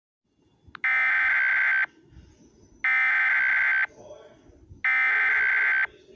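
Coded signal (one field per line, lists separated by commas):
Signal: Emergency Alert System (SAME) tones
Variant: header bursts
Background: speech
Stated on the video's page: Fictional EAS scenario, not a real alert.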